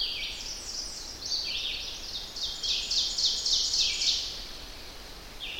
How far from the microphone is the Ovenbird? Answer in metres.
about 45 m